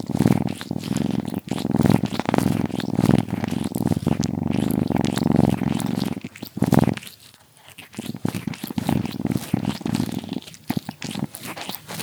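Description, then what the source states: Cat purring, a steady low rumbling throb with fine rapid pulses, continuous for about six seconds, a brief break near seven seconds, then resuming more softly with small rustles. Kitten, purring and licking.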